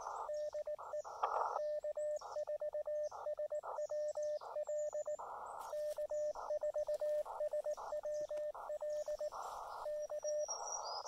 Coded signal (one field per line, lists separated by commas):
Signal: Morse code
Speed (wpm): 18 wpm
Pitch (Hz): 600 Hz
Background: radio noise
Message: DE K4SWL K4SWL K